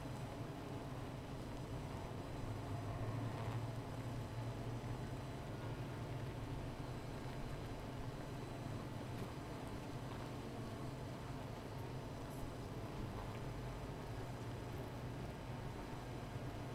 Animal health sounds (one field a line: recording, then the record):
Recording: honeybee colony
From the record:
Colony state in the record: missing queen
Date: 14 July 2017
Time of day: 13:55